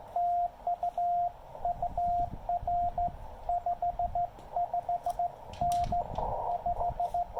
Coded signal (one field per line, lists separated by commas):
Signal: Morse code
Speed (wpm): 17 wpm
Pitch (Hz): 700 Hz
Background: radio noise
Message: TU UR 55N 5